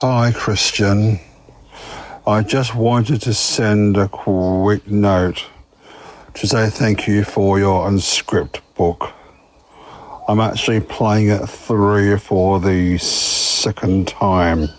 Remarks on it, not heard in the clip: Has a stutter. Living with a stutter has made communication challenging throughout my life.